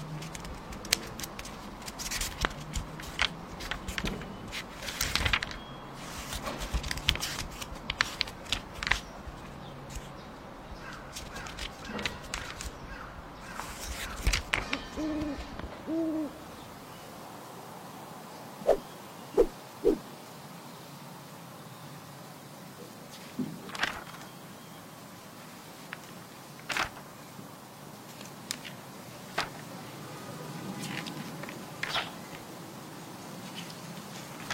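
A book is handled, with a dense run of crisp clicks, taps and papery rustles through the first fifteen seconds. After that the sound thins out to a low, steady hush broken by scattered sharp ticks and a few brief faint tonal chirps.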